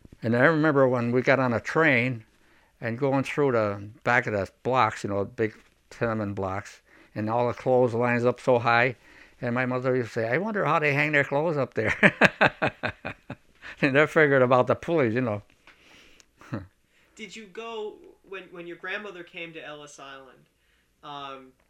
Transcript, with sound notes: And I remember when we got on a train, and going through the back of the blocks, you know, the big tenement blocks and all the clotheslines up so high and my mother used to say, "I wonder how they hand their clothes up there." (he laughs) Never figured about the pulleys, you know.
Did you go, when your grandmother came to Ellis Island,